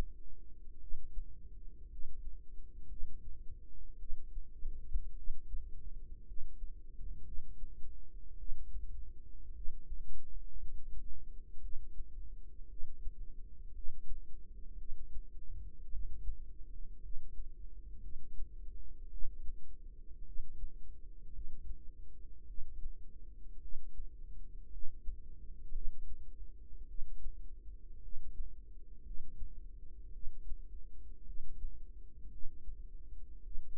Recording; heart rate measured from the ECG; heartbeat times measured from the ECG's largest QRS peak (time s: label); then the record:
heart sounds by microphone in the right ear; 55 bpm
0.78 s: heartbeat
1.88 s: heartbeat
2.87 s: heartbeat
3.97 s: heartbeat
5.14 s: heartbeat
6.24 s: heartbeat
7.23 s: heartbeat
8.36 s: heartbeat
9.52 s: heartbeat
10.57 s: heartbeat
11.60 s: heartbeat
12.67 s: heartbeat
13.72 s: heartbeat
14.76 s: heartbeat
15.89 s: heartbeat
17.00 s: heartbeat
18.00 s: heartbeat
19.09 s: heartbeat
20.24 s: heartbeat
21.31 s: heartbeat
22.45 s: heartbeat
23.59 s: heartbeat
24.69 s: heartbeat
25.71 s: heartbeat
26.86 s: heartbeat
28.00 s: heartbeat
29.02 s: heartbeat
30.11 s: heartbeat
31.24 s: heartbeat
32.29 s: heartbeat
33.41 s: heartbeat
From the record:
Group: healthy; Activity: rest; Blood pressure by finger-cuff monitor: 92/59 mmHg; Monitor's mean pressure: 69 mmHg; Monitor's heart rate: 56 bpm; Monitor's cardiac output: 4.3 L/min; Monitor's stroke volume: 78 mL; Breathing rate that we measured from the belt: 16 breaths a minute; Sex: female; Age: 36 years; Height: 163 cm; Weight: 88 kg